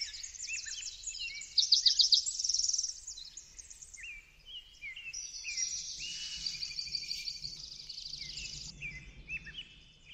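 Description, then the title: Birds singing a busy chorus, with a loud rapid trill near two seconds, whistled slurs and buzzy phrases over faint low rumble. Backyard. "Backyard Birds - Ambient Nature Bird Sounds"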